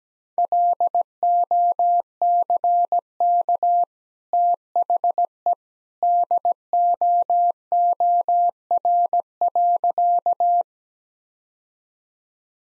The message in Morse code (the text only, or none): LOCK THE DOOR.